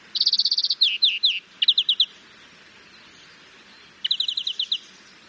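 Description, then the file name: European greenfinch giving rapid trilled chatters and short twitters in bursts, a pause, then another chattering run; quiet background. "Chloris chloris"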